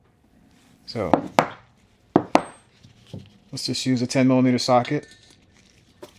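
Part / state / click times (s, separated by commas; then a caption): valve stem seal onto cylinder head valve guide / not seated / none. A valve stem seal is handled with a 10 mm socket over the valve guide of a 2008 Acura MDX cylinder head while someone talks. Sharp metallic clinks come near 1.1 s, 1.4 s, 2.2 s and 2.4 s, with softer knocks later. The seal has not yet seated or clicked onto the guide.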